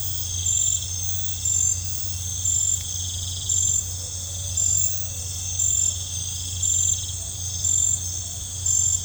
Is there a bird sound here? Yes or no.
no